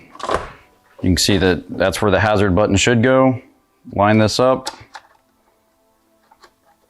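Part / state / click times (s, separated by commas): plastic hazard button surround into dash trim panel / not seated / none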